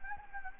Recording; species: mosquito wingbeat signal from an infrared sensor; Anopheles gambiae